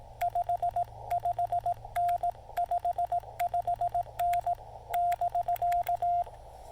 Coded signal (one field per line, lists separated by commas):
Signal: Morse code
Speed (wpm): 17 wpm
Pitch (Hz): 700 Hz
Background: radio noise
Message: 55N 55N <BK>